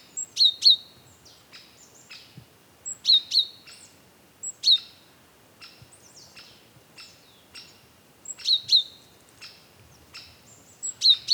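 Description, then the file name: Great tit giving high, clipped double notes in quick pairs, mixed with many fainter thin notes. "Parus major"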